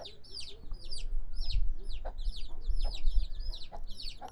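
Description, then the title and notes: Chicken chicks peeping: rapid, high, downward-slurred peeps from several chicks, overlapping continuously, with a low rumble underneath. Several chicks peeping; Brazil, 05/07/2017 at 16:07; recorded on a Tascam DR-05 in stereo. "Pintinhos."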